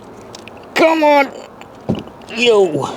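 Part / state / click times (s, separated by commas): LED headlight bulb into car headlight housing / not seated / none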